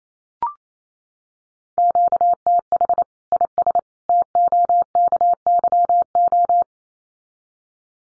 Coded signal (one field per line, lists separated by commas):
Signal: Morse code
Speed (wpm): 28 wpm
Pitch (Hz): 700 Hz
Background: none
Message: QTH IS TOKYO